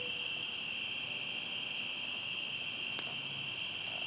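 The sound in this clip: Crickets keep up a dense, high-pitched trill, the top layer beating in regular pulses, with one faint click near the end.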